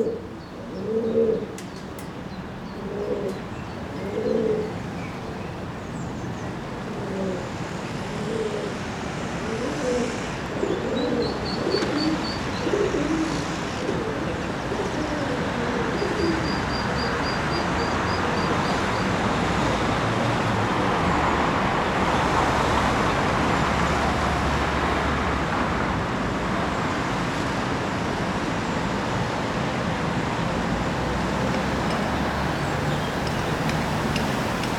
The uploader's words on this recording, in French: Une impression sonore du village de la Ferté-Milon réalisée à partir d'enregistrements de Nicolas Dubois ( © Sound Fishing).